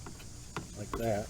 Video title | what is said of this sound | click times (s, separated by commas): Nissan Cube Left Rear Side Marker Light Bulb Change | you push them in they lock into place like | 0.6 s